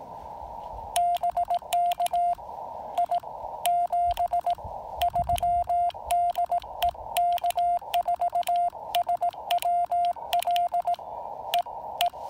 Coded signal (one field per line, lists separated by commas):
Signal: Morse code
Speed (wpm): 18 wpm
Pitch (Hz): 700 Hz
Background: radio noise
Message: BK I 73 DE K4SWL E E